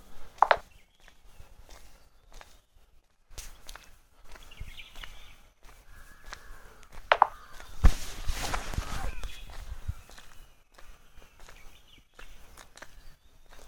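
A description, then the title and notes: A morning walk on a breezy road: irregular footsteps and small clicks, with a louder rustling burst near eight seconds and quiet gaps between. Morning walkthrough at the Nilgiris. A pleasant morning walk at the breezy roads of nilgiris.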